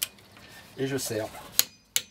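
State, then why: Torque reached. A torque wrench set to 120 N·m is fitted on a car wheel nut and pulled while someone talks. A sharp click sounds at 2.0 s, going off almost immediately as the wrench reaches its setting on the wheel nut.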